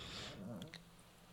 That's why he's snoring. Yeah, he snores. Chelsea's dog snoring.